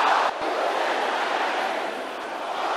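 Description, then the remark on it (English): An audience of men shouting a prayer together in Jesus' name for power to terrify their enemies, their voices merging into a loud, continuous roar with no individual words standing out, holding steady for about three seconds. “Brothers, let your voice be loud.”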